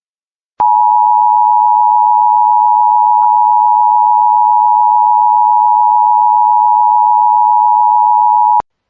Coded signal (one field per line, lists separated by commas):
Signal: Emergency Alert System (SAME) tones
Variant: 853 and 960 Hz attention tone